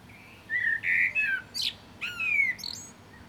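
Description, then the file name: Common blackbird song: smooth fluted whistles, then sharp high squeaks and a long descending whistle, ending with soft twitters. "Turdus merula"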